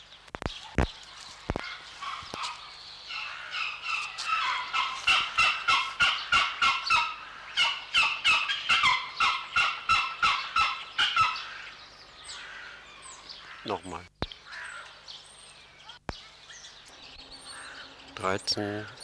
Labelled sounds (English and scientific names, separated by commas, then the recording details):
Pallas's Fish Eagle (Haliaeetus leucoryphus) call
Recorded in captivity
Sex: pair
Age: adult
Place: Zoo Berlin, Berlin, DE
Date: 1995-03-04 13:51
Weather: heiter bis wolkig, 1 - 5 °C
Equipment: Marantz CP 130, Sennheiser ME 80, Kopie Uher Variocord 263
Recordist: Tembrock, Günter